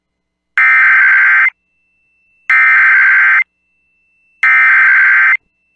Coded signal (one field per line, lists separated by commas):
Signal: Emergency Alert System (SAME) tones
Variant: header bursts